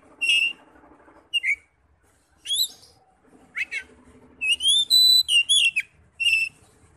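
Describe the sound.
Oriental magpie-robin song: separate whistled and descending notes, then a fast run of clear rising whistles and a steady held tone, ending with one more whistle.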